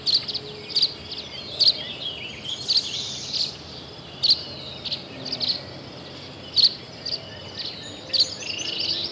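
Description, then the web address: Tree swallow calls: bright, high chirps repeated at irregular intervals over steady background noise. "swallows trsw"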